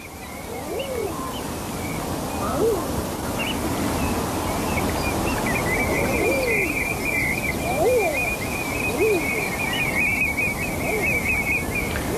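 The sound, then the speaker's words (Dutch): Eider duck, curlew, oystercatcher and brent goose calls at the Diepe Gat on Texel, Netherlands, mingle over a steady rushing background: repeated low, rising-falling cooing notes and a long, high, rippling trill that runs through the second half. “thans vogelwachter van Nationaal Park De Duinen van Texel, hoort bij diepe gat, eidereend, wulp, schollekster en rotgans.”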